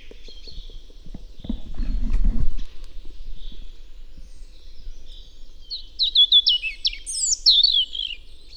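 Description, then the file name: European robin song: faint high notes, a burst of low rumbling noise, then a clear run of quick, thin, tumbling whistles near the end. "Erithacus rubecula"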